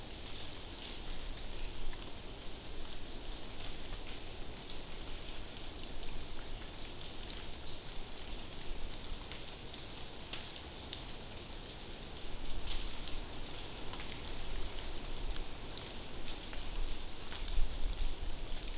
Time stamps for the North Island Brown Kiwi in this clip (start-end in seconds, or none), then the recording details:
none. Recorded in New Zealand on 12 June 2014. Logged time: 02:19